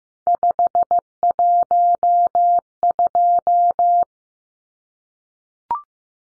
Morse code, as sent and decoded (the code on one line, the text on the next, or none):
..... .---- ..---
512